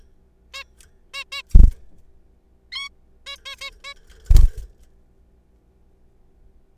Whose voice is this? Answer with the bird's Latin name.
Taeniopygia guttata